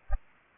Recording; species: mosquito wingbeat signal from an infrared sensor; Culex pipiens